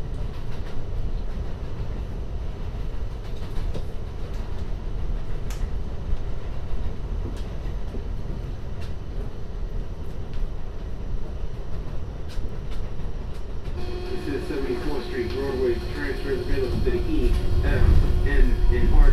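A binaural ride on the MTA: a steady, dense low rumble of a train with occasional sharp clicks and rattles. Around the fourteenth second the sound shifts, growing louder with a sustained tone and brighter squealing and chatter over the rumble.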